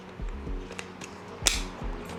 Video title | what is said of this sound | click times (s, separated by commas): Fanttik Z10 Pro Cordless Hedge Trimmer - Review | trimmer, same thing, just line up the hole, click | 1.5 s